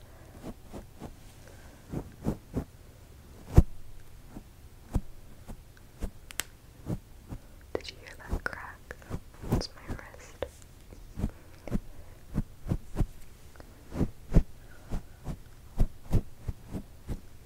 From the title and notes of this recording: ASMR Gentle Mic Triggers.